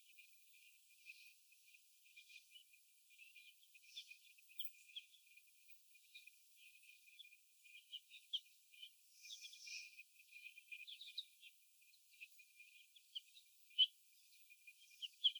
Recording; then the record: young laying hens in a cage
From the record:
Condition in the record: after the stressor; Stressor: sudden umbrella opening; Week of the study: 2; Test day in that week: 1